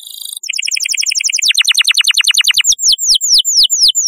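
Canary song in rapid trills of repeated notes, each run switching to a new note type, then slowing into longer sweeping downslurred whistles.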